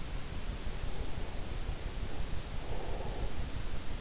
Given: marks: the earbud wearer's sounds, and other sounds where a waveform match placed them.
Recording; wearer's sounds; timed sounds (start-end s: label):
sounds in sleep by an in-ear microphone; breath
0.68-3.77 s: breath